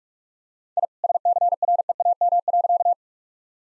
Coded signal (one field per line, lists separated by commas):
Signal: Morse code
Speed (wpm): 42 wpm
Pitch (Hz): 700 Hz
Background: none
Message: I SCREAM.